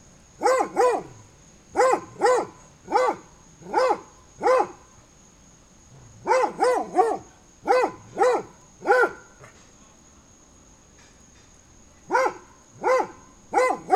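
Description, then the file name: Dogs barking in single barks and short runs of several sharp barks, with quiet gaps between them, and a steady high faint tone throughout. Several dogs barking through a fence on a summer day; binaural recording. "freesound Dogs Barking"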